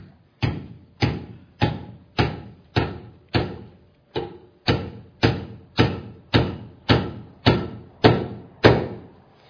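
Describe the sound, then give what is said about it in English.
A hammer drives nails through paper with about fifteen sharp, loud blows in a steady rhythm, roughly two per second, with one brief pause partway through. No one speaks. “Because we're driving these nails through paper.”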